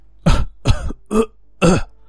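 Four harsh, rasping bursts of coughing and retching come in an uneven rhythm, each strained and throaty with gagging, voiced edges, separated by short pauses of near silence: a poisoned man lying in bed, vomiting and coughing up blood.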